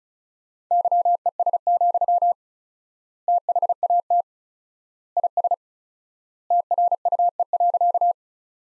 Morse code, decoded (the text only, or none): YES, THAT IS TRUE.